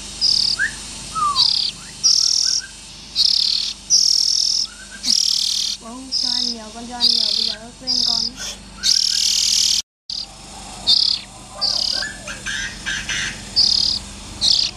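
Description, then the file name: Oriental magpie-robin raspy calls: a dense run of short hissing bursts, with whistled and warbling notes mixed in mid-sequence and a brief dropout. Young birds. "Tieng chim chich choe than non"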